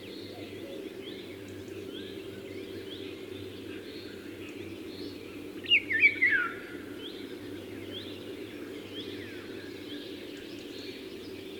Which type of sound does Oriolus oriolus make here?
song